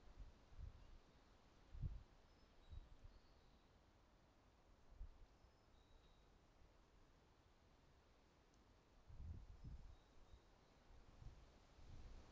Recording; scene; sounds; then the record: everyday scene through a hearing-aid microphone; wind on the microphone; wind, traffic, birds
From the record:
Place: suburban garden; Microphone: in the ear canal, right